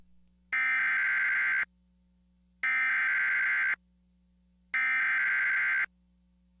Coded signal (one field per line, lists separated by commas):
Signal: Emergency Alert System (SAME) tones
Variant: header bursts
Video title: Emergency Alert System - 6/26/2015 6:25pm